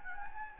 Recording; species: mosquito wingbeat signal from an infrared sensor; Anopheles gambiae